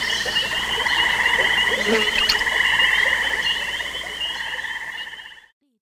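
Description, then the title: Little Grebe trill, one sustained stream of rapid notes that holds steady for about five seconds, then stops. Recorded at Baiyangdian; locally nicknamed 'water gourd'; from a birdwatching notebook. "家住白洋淀——我的观鸟笔记 “水葫芦”小䴙䴘"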